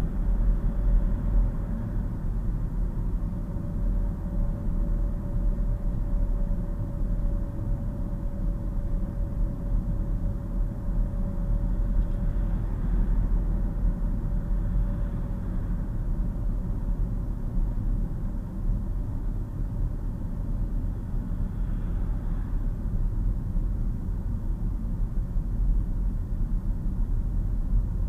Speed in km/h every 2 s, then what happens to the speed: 40, 40, 39, 39, 39, 40, 40, 37, 35, 34, 32, 32, 31, 31.
0-12 steady at about 40. 12-17 slows to 34. 17-28 steady at about 32.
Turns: none.